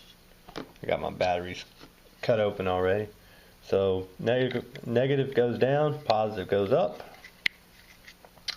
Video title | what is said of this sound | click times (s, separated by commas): Sporlan Smart Service Tool Unboxing | Snaps in place just like so. | 7.5 s